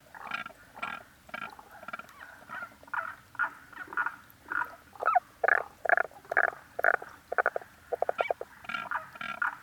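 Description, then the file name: Frog giving a steady series of pulsed, grating croaks, roughly two a second. "Rananeba Calling"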